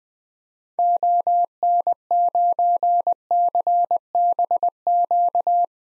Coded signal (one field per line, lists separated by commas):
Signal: Morse code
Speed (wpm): 20 wpm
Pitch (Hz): 700 Hz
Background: none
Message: ON9CBQ